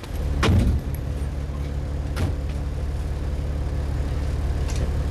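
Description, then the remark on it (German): A milk truck's door thumps shut over a low, steady engine rumble as a passenger gets in, another clunk follows a couple of seconds later, and the truck keeps droning as it drives off toward the village, with no voices. “Ein hübscher Wagen. Was transportieren Sie denn, wenn ich fragen darf? Milch.”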